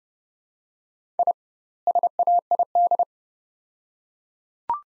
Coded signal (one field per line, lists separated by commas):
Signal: Morse code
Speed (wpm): 30 wpm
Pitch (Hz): 700 Hz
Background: none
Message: I SAID